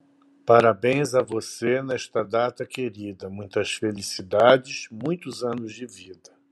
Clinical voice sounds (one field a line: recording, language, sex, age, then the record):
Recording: short text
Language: Brazilian Portuguese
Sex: male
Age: 60 to 69 years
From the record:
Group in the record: control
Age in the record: 64 years